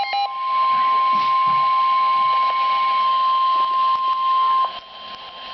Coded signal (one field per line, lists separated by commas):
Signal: Emergency Alert System (SAME) tones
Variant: 1050 Hz attention tone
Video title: 3 More Tornado Warnings! (EAS #363-365)